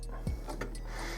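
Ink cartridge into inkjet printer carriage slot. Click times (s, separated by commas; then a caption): 0.6 s. A plastic inkjet cartridge is slid into the carriage of an HP Photosmart 5524 printer, angled downward under a shelf, and pressed until it latches. Faint ticks and rubbing sound over a low steady hum, and a sharp little click at 0.6 s marks the cartridge seating flush in place.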